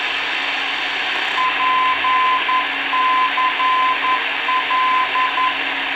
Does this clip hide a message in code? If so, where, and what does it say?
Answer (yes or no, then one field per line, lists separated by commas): yes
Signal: Morse code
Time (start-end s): 1.4-5.5 s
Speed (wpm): 11 wpm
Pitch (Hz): 1020 Hz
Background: radio noise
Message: PCL